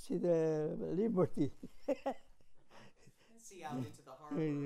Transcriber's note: chuckles